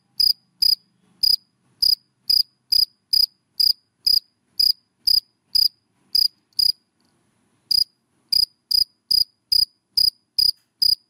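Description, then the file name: Cricket chirping, short sharp high-pitched chirps repeated about twice a second in a steady series, with one brief pause near the middle. Crickets named in Vietnamese: dế mèn, dế cơm and dế than, calling. "Tieng de men de com de than keu"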